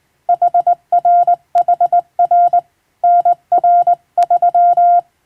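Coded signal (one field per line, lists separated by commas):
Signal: Morse code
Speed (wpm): 21 wpm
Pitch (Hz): 700 Hz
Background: none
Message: HRHR NR3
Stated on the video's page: Hand-sent on a vertical straight key by a first-class radiotelegraph operator, practising international-language telegram sending from a practice book.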